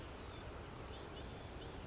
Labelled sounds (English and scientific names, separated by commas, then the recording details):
Blue-gray Gnatcatcher (Polioptila caerulea)
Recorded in Sonoma County, California